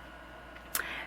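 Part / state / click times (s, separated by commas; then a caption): resin torso section into the chest piece of a ball-jointed doll / seated / 0.8 s. The resin torso section of a ball-jointed doll is twisted to try to center it with the chest piece, but under elastic tension it snaps back into its crooked resting position. A sharp resin-on-resin click is heard at 0.8 s, followed by a brief softer tick just after. The joint seats back in place, still not lined up.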